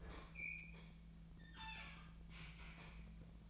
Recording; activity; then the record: daily activity, microphone in the room; open fridge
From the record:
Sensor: 1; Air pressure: 1009.7 hPa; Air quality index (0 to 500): 193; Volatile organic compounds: 19 ppm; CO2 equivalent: 2644 ppm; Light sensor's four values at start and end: 31/79/33/39 and 31/79/33/39